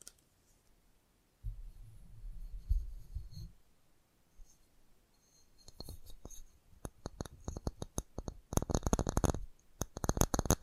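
Fast tapping in bursts, sharp clicks like keys on a keyboard. A low rumbling thud runs from about 1.5 to 3.5 seconds, then quicker, denser rattling taps build from around 6 seconds, peaking in a rapid flurry near 9 seconds.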